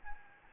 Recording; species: mosquito wingbeat signal from an infrared sensor; Anopheles gambiae